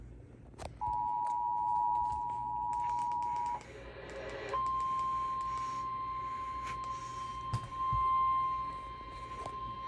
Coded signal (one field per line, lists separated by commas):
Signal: Emergency Alert System (SAME) tones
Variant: 853 and 960 Hz attention tone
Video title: Remnants of Kay (EAS Alerts from 9/9/22-9/13/22) (EAS #428-461) (Monsoon EAS #197-231)